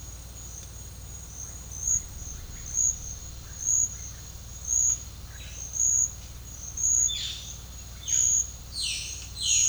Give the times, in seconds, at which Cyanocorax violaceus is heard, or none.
7.07-9.68